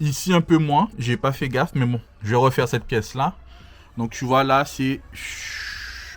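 A wooden trim piece is being fitted into the adjoining panel joint while interior finishing panels are installed in a converted bus. Someone talks for most of the clip, followed by a steady hissing noise from about 5.1 seconds to the end. The piece has not seated or clicked into place yet.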